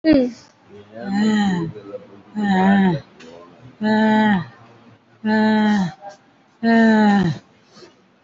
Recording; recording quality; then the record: shallow breathing; excellent, no background noise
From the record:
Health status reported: COVID-19 positive, mild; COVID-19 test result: positive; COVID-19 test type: RT-PCR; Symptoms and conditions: cough, fatigue, hypertension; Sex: female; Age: 75 years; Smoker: no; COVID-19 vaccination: one dose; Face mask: worn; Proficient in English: no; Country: India